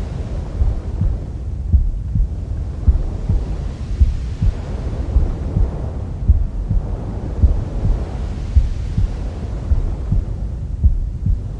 Womb Sounds with Mother's Heartbeat. Try our calming sleep sounds to help your baby sleep faster.